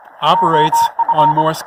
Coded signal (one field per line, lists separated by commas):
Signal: Morse code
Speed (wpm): 24 wpm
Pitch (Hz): 920 Hz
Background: speech, radio noise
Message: OF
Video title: Introduction to Ham Radio